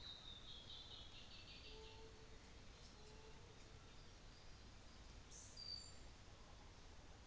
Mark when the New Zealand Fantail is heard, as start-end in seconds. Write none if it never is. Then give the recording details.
5.22-5.65. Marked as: faintness 3/5. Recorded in New Zealand on 24 December 2018. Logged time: 15:45